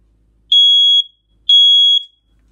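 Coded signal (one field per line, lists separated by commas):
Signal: alarm pattern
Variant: smoke detector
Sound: two loud, shrill, steady high-pitched beeps, each half a second, one second apart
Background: quiet room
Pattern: 2 long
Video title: Smoke Alarm Two Beeps!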